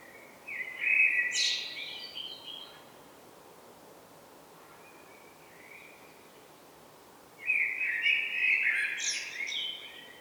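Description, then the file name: Common blackbird song with two main phrases about seven seconds apart, each a low fluty warble finishing in a high scratchy flourish, and a soft short phrase between. "Turdus merula"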